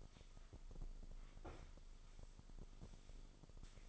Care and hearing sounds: daily activity, microphone in the room; sweep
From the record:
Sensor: 5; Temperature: 24.6 degrees Celsius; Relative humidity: 32.2%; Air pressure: 996.1 hPa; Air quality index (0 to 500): 100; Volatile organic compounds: 6 ppm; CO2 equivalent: 1921 ppm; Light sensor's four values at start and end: 43/104/43/45 and 41/99/40/42

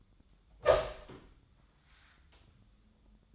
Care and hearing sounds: daily activity, microphone in the room; open door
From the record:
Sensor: 3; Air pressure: 1004.9 hPa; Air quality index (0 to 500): 76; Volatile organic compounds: 2 ppm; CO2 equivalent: 1146 ppm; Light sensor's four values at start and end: 8/19/7/7 and 8/19/7/7

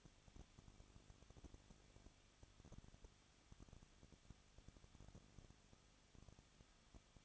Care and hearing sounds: daily activity, microphone in the room; no activity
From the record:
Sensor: 4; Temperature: 23.0 degrees Celsius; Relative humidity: 34.2%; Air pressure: 1007.3 hPa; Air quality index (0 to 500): 214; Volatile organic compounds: 14 ppm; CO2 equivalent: 2470 ppm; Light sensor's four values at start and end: 2/3/1/1 and 2/3/1/1

